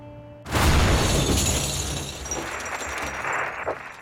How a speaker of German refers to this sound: Es ist am heutigen Freitagmorgen in einem iranischen Lebensmittelladen in der Kölner Altstadt zu einer schweren Explosion gekommen.